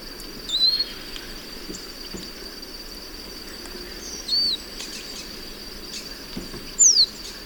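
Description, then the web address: Olivaceous siskin calls, three separate thin high whistled notes, one arched and one sharply falling, spaced several seconds apart over a steady hiss. Ecuador. "Natures Songs S America Birds of Ecuador Olivaceous Siskin"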